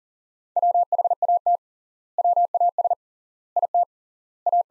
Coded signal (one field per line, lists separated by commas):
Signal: Morse code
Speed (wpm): 40 wpm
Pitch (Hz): 700 Hz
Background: none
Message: WHAT WAS IT A